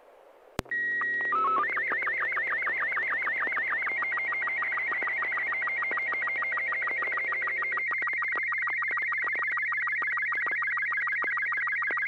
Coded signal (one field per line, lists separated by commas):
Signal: SSTV (slow-scan television)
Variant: Robot 36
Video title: N6NA SSTV Net - 04/22/2026